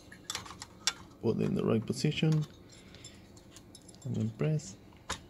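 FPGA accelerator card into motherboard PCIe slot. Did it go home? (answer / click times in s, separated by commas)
no / none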